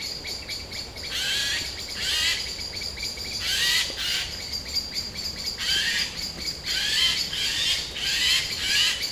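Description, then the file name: Eurasian jay repeating hoarse, tearing screeches in irregular bursts, amid a steady background of high chirping birds. "Garrulus glandarius"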